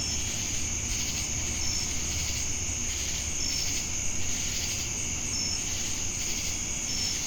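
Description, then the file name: Crickets in chorus: steady high ringing trill, throbbing buzzy bands, and brief clear high notes repeated at intervals, with low rumble underneath. Crickets with cicadas in Jamestown, North Carolina, on 10 August 2018. "Crickets And Sacadas Jamestown NC August-10-2018"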